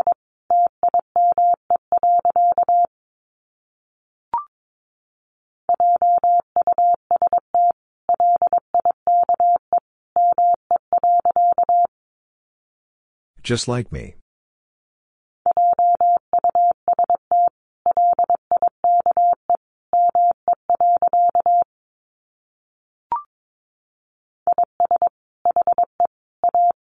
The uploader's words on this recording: First, the words are sent in Morse code. Then it is spoken. 22wpm.